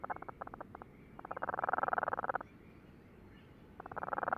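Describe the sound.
Cape Verde storm petrel giving a fast pulsed purr, starting as short stuttering bursts and building into a steady churring run, then resuming after a brief gap.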